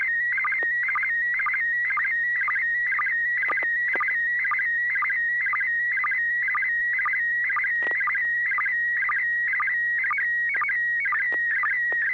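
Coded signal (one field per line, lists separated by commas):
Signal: SSTV (slow-scan television)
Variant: PD120 mode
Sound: steady whistling tone with rapid warbling chirps and low clicks twice a second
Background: low hum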